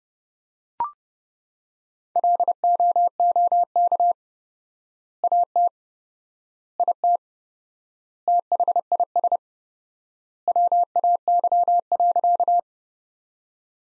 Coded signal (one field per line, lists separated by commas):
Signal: Morse code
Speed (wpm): 30 wpm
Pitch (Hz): 700 Hz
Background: none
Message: LOOK AT IT THIS WAY.